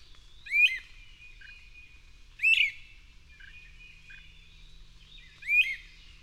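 Bird song of brief bright chirps rising sharply, given three times at uneven gaps, with soft low notes and a thin sustained whistle in between.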